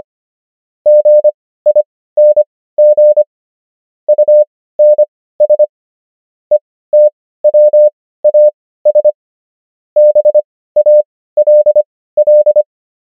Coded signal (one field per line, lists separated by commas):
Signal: Morse code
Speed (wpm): 25 wpm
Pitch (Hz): 600 Hz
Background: none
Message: GING UNS ETWAS BALL